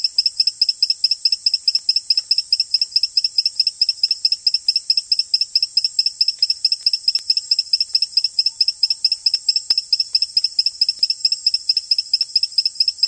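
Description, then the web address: Ecuadorian poison frog giving a long run of many quick, high, buzzy notes, fairly regular, with no other clear sounds. Recorded in the Ecuadorian Amazon. "Natures Songs. Frogs of Ecuadorian Amazon Epipedobates bilinguis"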